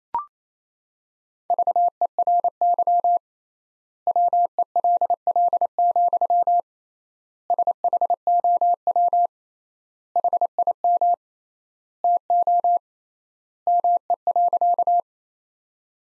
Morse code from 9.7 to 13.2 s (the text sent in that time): HIM TO